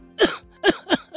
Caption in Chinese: 我给大家再演示一下那个比较深的。 像这种反复连续咳嗽，像这种它就是 就感觉来自深层的身体内咳出来的一个气息。 像这种咳嗽它痰在气道里面。 其实对于我们呼吸科医生来说的话、我们认为它是一种保护反射。